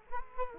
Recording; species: mosquito wingbeat signal from an infrared sensor; Culex quinquefasciatus